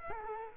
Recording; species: mosquito wingbeat signal from an infrared sensor; Culex quinquefasciatus